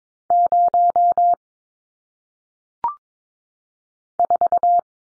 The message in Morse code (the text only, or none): 0 4